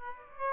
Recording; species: mosquito wingbeat signal from an infrared sensor; Aedes aegypti